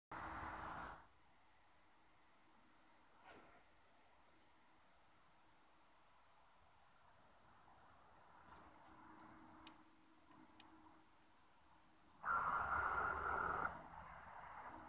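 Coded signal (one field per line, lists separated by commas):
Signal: numbers station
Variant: F06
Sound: two brief harsh buzzing data bursts separated by long quiet static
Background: radio static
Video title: 20875 kHz F06 Spy Numbers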